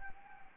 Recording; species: mosquito wingbeat signal from an infrared sensor; Anopheles gambiae